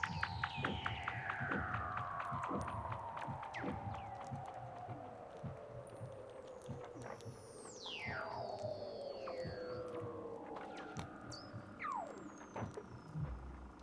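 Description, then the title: Weddell seal calls: several long gliding whistles dropping in pitch, some steep downward swoops, and rapid ticking pulses with low thumps beneath. Recorded underwater. "Douglas Quin - Weddell Seals (Underwater)"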